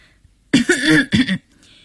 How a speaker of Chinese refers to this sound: 咚咚两声拐杖捶地的声音，古奶奶出现在门口，咳嗽了一下。